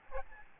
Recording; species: mosquito wingbeat signal from an infrared sensor; Aedes albopictus